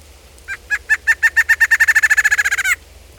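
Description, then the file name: Barred antshrike song, a series of nasal notes that start slow and speed up into a rapid accelerating rattle ending abruptly after about two seconds. "chocalistrada"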